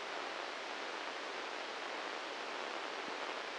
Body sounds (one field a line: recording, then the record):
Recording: brain microelectrode recording played as sound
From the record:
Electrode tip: inside the subthalamic nucleus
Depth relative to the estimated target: 1 mm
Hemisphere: left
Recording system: NeuroSet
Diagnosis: Parkinson's disease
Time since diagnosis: 15 years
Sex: male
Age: 65 years